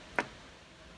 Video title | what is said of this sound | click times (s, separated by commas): LTV 1200 Vent Check | the two pieces we're just going to simply click it together you'll hear it click and it won't come apart once | 0.2 s